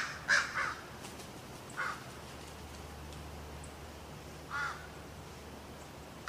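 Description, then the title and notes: Crow cawing, a few scattered harsh caws over a low hum. Crows in Notre-Dame-des-Neiges Cemetery, 24 July 2008. "Cimitiere de Notre-Dame-des-Neiges, 24.07.08. Crows in the cemetry"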